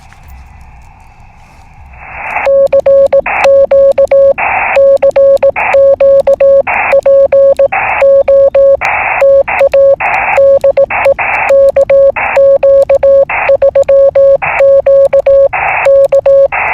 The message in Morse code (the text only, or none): CQ CQ POTA DE KQ3Q K